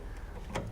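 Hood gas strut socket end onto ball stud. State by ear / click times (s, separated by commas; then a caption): seated / 0.6 s. On a 2008 BMW 328i, a front hood gas strut is turned to the right angle and its socket end is pushed onto the ball stud. A short, sharp click at 0.6 s marks the socket seating onto the stud, confirming it is on.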